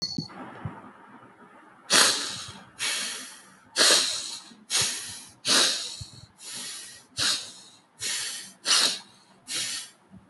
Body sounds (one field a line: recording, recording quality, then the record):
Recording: deep breathing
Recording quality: excellent, no background noise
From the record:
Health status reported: healthy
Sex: male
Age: 25 years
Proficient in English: yes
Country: India